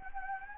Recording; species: mosquito wingbeat signal from an infrared sensor; Anopheles gambiae